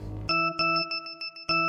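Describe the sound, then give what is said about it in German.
A smartphone ringtone plays a short electronic melody: bright, steady synthetic tones with a few quick notes in between, loud and clear, with no one talking over it. “Ja, aber ich gehe auch nicht immer ran. Muss man ja auch nicht.”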